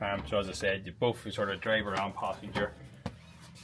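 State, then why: Seated. Someone talks as the swivelling front driver or passenger seat, finished in honeycomb-style leather, is turned on its swivel base with a release switch in a VW T7 van. A single sharp click at 3.1 s marks the base locking into place, and the seat is confirmed seated.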